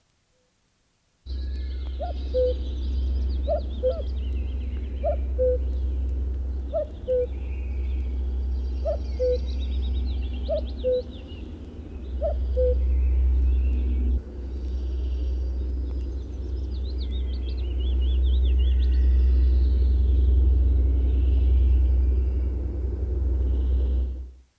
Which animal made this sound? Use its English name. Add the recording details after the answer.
Common Cuckoo. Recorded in the wild. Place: Schmale Heide, Insel Rügen, Mecklenburg-Vorpommern, DE. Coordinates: 54.45, 13.56. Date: 1969-05-18. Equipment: Nagra III BH, Sennheiser MD 21, parabola. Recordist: Schubert, Michael. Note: Rufe Kuckuck